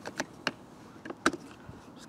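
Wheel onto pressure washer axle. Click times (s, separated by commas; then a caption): 1.3 s. A plastic wheel is pushed onto the axle of a Nilfisk pressure washer body, with a few light clicks and knocks as it goes on. A sharp, louder click at 1.3 s marks the wheel seating into place.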